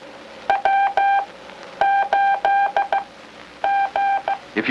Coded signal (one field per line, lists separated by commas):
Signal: Morse code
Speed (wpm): 15 wpm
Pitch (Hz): 790 Hz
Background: speech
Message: W 8 G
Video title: Moving Up to Amateur Radio Film (1973)